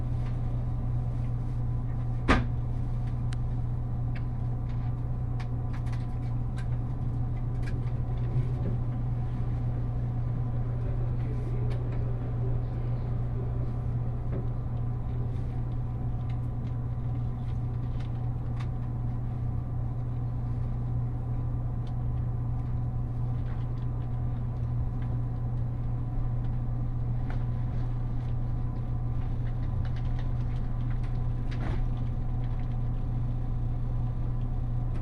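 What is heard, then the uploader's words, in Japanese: Riding the Nishi-Kyushu Shinkansen from Nagasaki toward Saga: a steady, heavy low rumble and hum fill the whole clip at an even level. Faint higher tones hold underneath, while scattered clicks and knocks come through, with a sharper tap near the start and another around thirty-one seconds. 西九州新幹線 長崎→佐賀。西九州新幹線の全線通し、全駅停車の列車に乗って佐賀まで向かいます。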